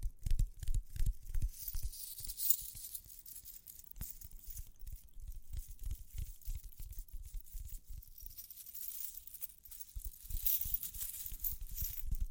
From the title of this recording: Tapping, Scratching, Ear Cleaning with Jingling Sounds